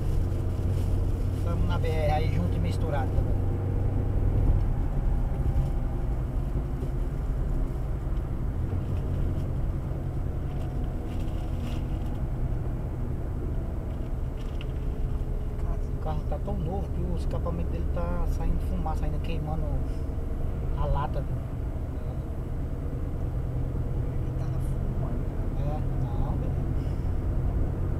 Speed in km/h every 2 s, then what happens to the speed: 72, 73, 71, 68, 66, 61, 56, 54, 57, 60, 61, 65, 67, 69.
0-13 slows to 54. 13-28 speeds up to 69.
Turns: none.